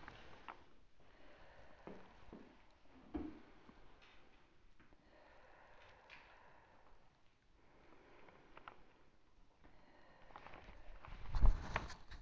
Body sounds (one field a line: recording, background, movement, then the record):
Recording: deep breathing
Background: quiet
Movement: sitting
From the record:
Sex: female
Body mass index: 36.4 kg/m2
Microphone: on the chest, facing outward